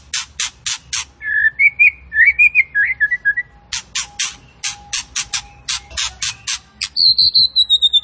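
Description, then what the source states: Tembakan bird song of rasping buzzy bursts mixed with warbled wavering phrases, ending in a drawn-out falling thin whistle over further buzzy bursts. Tembakan bird singing actively; recording used to train cage birds.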